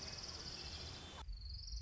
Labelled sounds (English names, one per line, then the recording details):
Orange-crowned Warbler
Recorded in Sonoma County, California